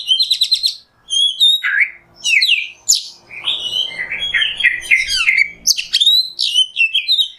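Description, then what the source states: Oriental magpie-robin singing a rich run of rapid trills, rising slurs and clear whistles, phrases following one another almost without break. Kacer song in the 'nembak' style, used as masteran tutoring.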